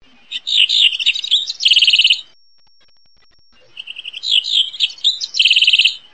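House wren singing two bubbling, high-pitched phrases of rapid chattering notes that end in a buzzy trill, separated by a short pause.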